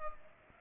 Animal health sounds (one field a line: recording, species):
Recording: mosquito wingbeat signal from an infrared sensor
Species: Culex pipiens